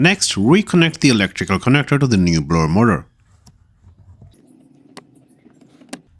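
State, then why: Seated. Someone talks for the first three seconds, then a plastic electrical connector is pushed onto the terminal of a new AC blower motor in a Kia Sportage. Faint handling noises are followed by sharp clicks at 5.0 and 5.9 seconds as the connector seats into place.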